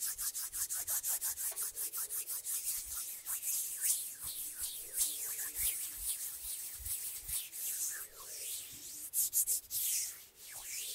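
Hands rub and flutter fingers in a rapid, dense run of soft brushing strokes, the rhythm quickening to a fast steady patter in the first few seconds. Later the strokes turn looser and uneven, with sharper bright swishes near the end.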